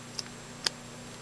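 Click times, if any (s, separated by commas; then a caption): 0.2 s, 0.7 s. A plastic part on a small transforming toy bird figure is pulled forward through a ratcheting joint to transform it back. Two sharp, bright ticks sound at 0.2 and 0.7 seconds, the second slightly louder, against a quiet background. The joint clicks forward two positions and seats.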